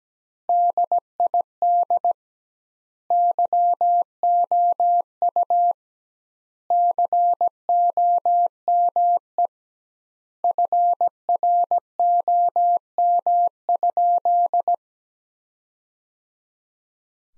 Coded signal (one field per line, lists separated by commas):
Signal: Morse code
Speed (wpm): 17 wpm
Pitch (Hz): 700 Hz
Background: none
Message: DID YOU COME FROM?